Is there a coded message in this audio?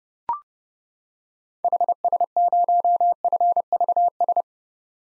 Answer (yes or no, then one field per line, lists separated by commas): yes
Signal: Morse code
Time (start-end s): 1.6-4.4 s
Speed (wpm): 32 wpm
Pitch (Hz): 700 Hz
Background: none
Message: HS0FVS